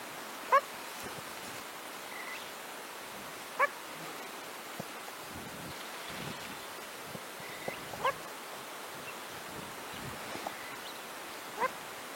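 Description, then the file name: Lake duck calls: short, sharp harmonic notes repeated every few seconds, four clear ones in twelve seconds, over a soft steady background hiss. "Canto do pato de cauda afilada"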